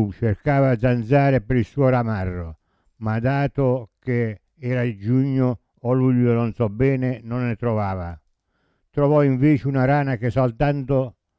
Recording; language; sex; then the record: read passage; Italian; male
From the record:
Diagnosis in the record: Parkinson's disease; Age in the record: 70 years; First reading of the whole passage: 65 s, 7.9 characters per second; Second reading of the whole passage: 60 s, 8.6 characters per second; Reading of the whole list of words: 48 s, 5.8 characters per second